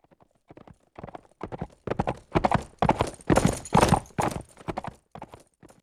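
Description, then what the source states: Horse hoofbeats cantering past, faint at first, swelling to loud rhythmic thuds around the middle, then fading away again. Horse cantering by on dirt.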